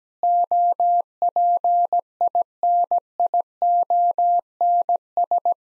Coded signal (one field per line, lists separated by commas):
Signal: Morse code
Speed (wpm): 17 wpm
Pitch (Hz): 700 Hz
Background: none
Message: OPINIONS